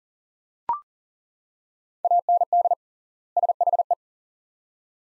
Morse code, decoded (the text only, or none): AND SHE